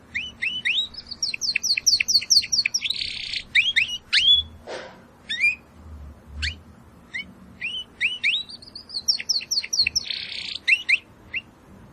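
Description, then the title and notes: Domestic canary song in two long phrases of rising chirps that speed into a buzzy trill, separated by scattered upswept notes; low background hum. Belgian canary singing; labelled "Campainha". "Canário Belga Campainha Canary Singing. Canario Belga Cantando"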